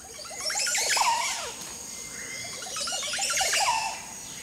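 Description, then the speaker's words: Montezuma Oropendola song: two bouts of liquid, gurgling notes, the second following after a short pause, over background hiss. Male perched beside its nest, singing gurgling tones. "And on the warming air, this song. Perched beside its nest is the author of those gurgling tones, a Montezuma Oropendola."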